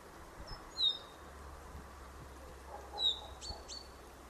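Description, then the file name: Common chaffinch calls: short, thin high notes near one second and three seconds, then brief clicky notes, over a low rumble. "Fringilla coelebs"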